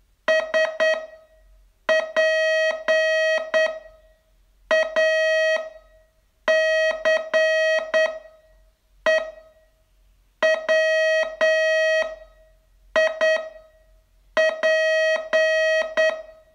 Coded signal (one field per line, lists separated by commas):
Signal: Morse code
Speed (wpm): 9 wpm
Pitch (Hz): 640 Hz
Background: none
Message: SPACE WIP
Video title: Learn Morse in 42 Days from VU2LAU - day 27